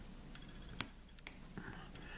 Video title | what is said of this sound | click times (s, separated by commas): G shock Gravitymaster GA 1000 FC Battery replacement | until it locks in place you might have even heard a faint click | 0.8 s